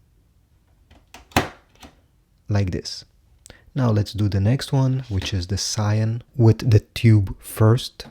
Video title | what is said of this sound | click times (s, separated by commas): How to Install Brother LC401 Ink Cartridges In Your Printer | And then you just need to push it with your finger once it's aligned until it clicks in place. | 1.4 s